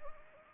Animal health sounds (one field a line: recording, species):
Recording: mosquito wingbeat signal from an infrared sensor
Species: Anopheles arabiensis